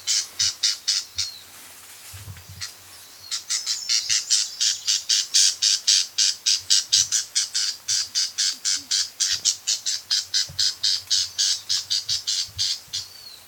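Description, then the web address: Newtonia calling with a fast series of high, harsh notes, about four per second, pausing for a moment near two seconds before resuming steadily. "sound Newtonia. صدای-پرنده-نوآوا"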